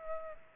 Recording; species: mosquito wingbeat signal from an infrared sensor; Culex pipiens